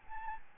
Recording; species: mosquito wingbeat signal from an infrared sensor; Aedes albopictus